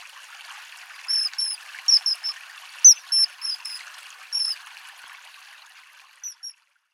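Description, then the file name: Common kingfisher giving sharp, high whistled calls in irregular quick series. "Eisvogel"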